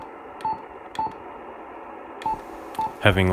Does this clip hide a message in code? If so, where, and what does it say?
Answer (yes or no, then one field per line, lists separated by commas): no